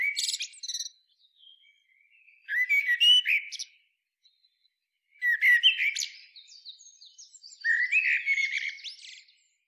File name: Turdus merula